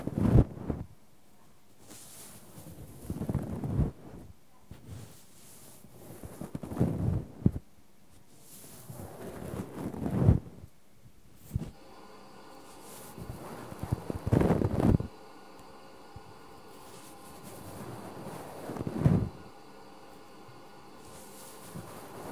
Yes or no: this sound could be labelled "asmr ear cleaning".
yes